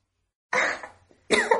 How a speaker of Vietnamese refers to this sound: một hớp nước thật to bị đổ thẳng vào miệng, một chút xíu lại chảy vào mũi, sặc nước vô cùng khó chịu, miễn cưỡng nuốt viên thuốc xuống, lại dướng ngay cổ họng. Cô ôm lấy cổ mình, sắc mặt bởi vì ho mà trở nên ửng hồng.